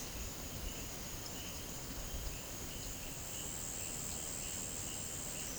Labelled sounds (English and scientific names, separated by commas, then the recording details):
none
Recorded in pastures near Puerto Asís, Putumayo, Colombia, on 22 June 2025 at 13:00
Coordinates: 0.472, -76.331
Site G095